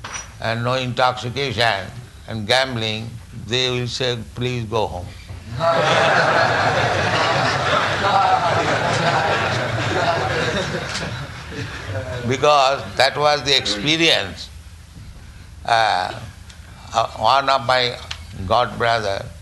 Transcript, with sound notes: and no intoxication and gambling,' they will say, 'Please go home.' " [laughter] Because that was the experience of one of my Godbrother.